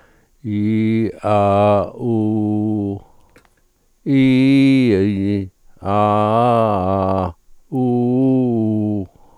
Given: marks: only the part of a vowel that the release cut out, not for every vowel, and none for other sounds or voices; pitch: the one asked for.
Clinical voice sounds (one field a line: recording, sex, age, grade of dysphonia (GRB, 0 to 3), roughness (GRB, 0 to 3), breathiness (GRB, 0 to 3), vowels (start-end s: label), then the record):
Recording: sustained vowels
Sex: male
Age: 60 to 69 years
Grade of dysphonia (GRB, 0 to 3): 2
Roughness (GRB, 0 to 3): 1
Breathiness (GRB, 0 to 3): 1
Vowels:
0.52-1.05 s: vowel /i/, low pitch
1.30-1.80 s: vowel /a/, low pitch
2.11-2.79 s: vowel /u/, low pitch
4.19-5.30 s: vowel /i/, low-high-low pitch
6.01-7.09 s: vowel /a/, low-high-low pitch
7.82-8.92 s: vowel /u/, low-high-low pitch
From the record:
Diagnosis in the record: dysarthrophonia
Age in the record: 65 years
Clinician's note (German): Z.B. ALS